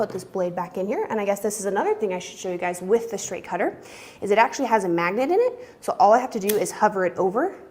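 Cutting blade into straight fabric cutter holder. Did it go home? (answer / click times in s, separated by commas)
no / none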